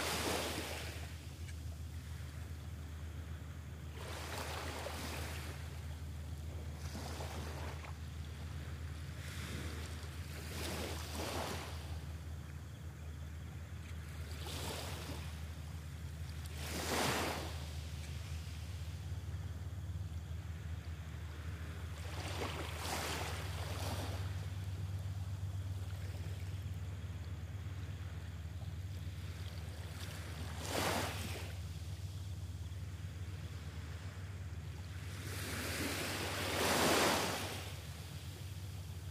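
Small ocean waves lap at the shore in soft, separate washes, arriving every few seconds, with the fuller ones near 17, 31 and 37 seconds. A steady low hum runs underneath throughout, like an engine or boat idling offshore.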